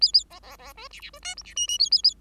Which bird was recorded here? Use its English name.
Bengalese Finch